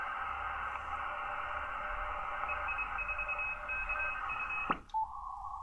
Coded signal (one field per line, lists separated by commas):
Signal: Morse code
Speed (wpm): 23 wpm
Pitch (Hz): 2550 Hz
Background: radio noise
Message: EI4KU